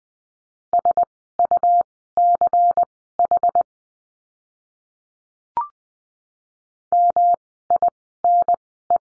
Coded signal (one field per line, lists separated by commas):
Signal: Morse code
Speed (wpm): 20 wpm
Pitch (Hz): 700 Hz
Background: none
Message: SUCH MINE